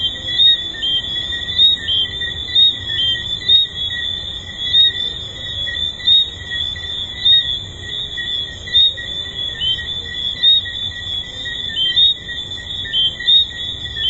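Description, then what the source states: Tree frogs in a steady shrill chorus; brief whistled notes pop out irregularly over the constant high ringing background. Recorded at Hedonism II resort.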